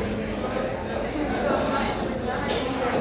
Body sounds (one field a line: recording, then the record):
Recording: background sound without coughing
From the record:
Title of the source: 40 min - Ambience sounds UNIVERSITY lunchroom chatting